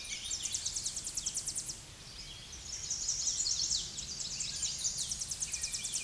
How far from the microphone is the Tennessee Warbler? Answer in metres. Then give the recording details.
about 30 m. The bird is about 20 m above the microphone. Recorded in a Pennsylvania forest on 16 May 2024 at 07:13. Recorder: AudioMoth, point MSD-2074. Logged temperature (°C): 16.3 °C. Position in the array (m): 155 m, 216 m